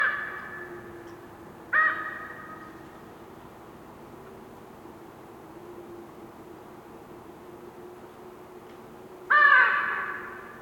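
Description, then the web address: Raven croaks twice, well apart, each a short harsh burst over a continuous whistling wind. Raven croaking in a winter forest during a windy, whistling blizzard with snow, North Laurentian Woods, Canada. "WINTER Forest windy whistling blizzard snow with raven bird croaking, North Laurentian Woods, Canada. GDC 2018-Game Audio Bundle"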